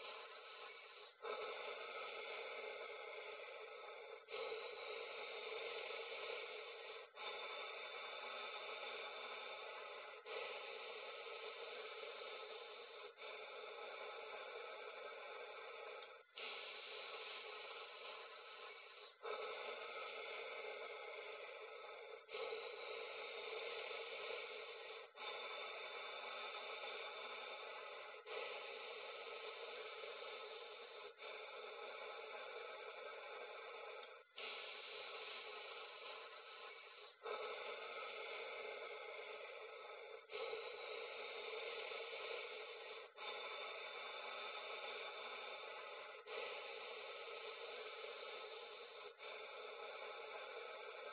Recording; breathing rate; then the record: paced breathing near a phone; 10 breaths a minute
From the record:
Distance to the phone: 40 cm